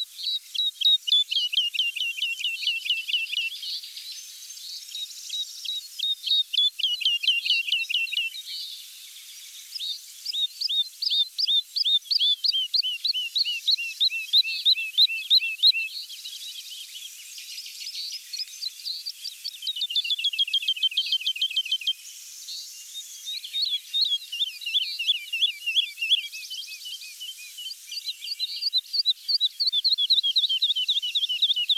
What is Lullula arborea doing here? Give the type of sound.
song